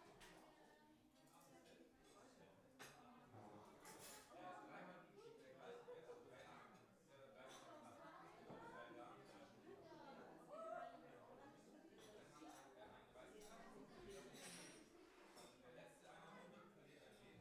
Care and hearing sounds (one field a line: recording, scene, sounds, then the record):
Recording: everyday scene through a hearing-aid microphone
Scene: many people talking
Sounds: many voices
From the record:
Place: parish hall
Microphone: behind the ear, right, front